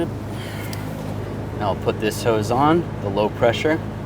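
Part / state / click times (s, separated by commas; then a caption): low pressure fuel hose connector onto high pressure fuel pump inlet / not seated / none. Someone talks over a steady low hum while handling the low pressure fuel hose quick-connect fitting on a 2013-2019 Ford Escape 2.0L L4, about to push it onto the high pressure fuel pump inlet. A faint tick is heard near 0.7 s, but nothing has seated or clicked yet.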